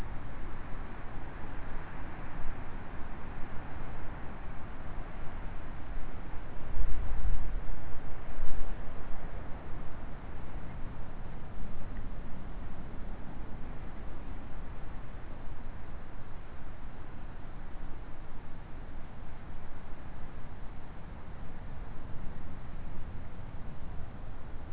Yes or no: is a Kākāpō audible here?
no